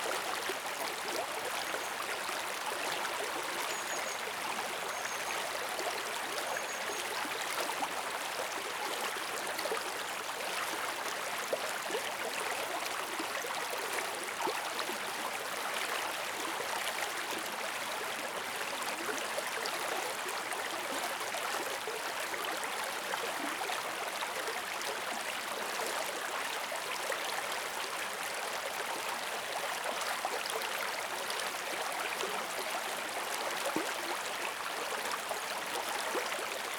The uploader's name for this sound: Small River Flowing By